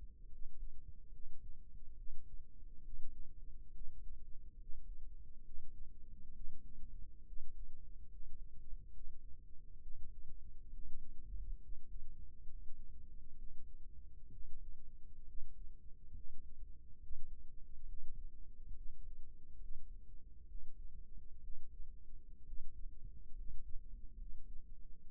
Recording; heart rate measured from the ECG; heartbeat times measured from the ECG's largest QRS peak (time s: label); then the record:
heart sounds by microphone in the right ear; 68 bpm
0.29 s: heartbeat
1.10 s: heartbeat
1.95 s: heartbeat
2.81 s: heartbeat
3.72 s: heartbeat
4.56 s: heartbeat
5.42 s: heartbeat
6.32 s: heartbeat
7.24 s: heartbeat
8.07 s: heartbeat
8.92 s: heartbeat
9.79 s: heartbeat
10.70 s: heartbeat
11.60 s: heartbeat
12.45 s: heartbeat
13.35 s: heartbeat
14.29 s: heartbeat
15.25 s: heartbeat
16.11 s: heartbeat
16.99 s: heartbeat
17.85 s: heartbeat
18.73 s: heartbeat
19.57 s: heartbeat
20.46 s: heartbeat
21.41 s: heartbeat
22.44 s: heartbeat
23.34 s: heartbeat
24.16 s: heartbeat
25.03 s: heartbeat
From the record:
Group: healthy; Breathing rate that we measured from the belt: 16 breaths a minute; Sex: male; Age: 22 years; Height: 181 cm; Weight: 79 kg